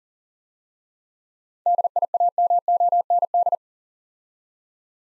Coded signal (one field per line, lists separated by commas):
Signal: Morse code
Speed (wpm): 40 wpm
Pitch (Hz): 700 Hz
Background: none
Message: DIAMOND